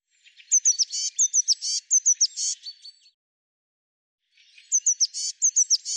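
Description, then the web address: Eurasian blue tit with a quick series of bright hooked chirps alternating with short buzzy bursts, repeated in two bouts separated by a pause of about a second. "Deverinetal"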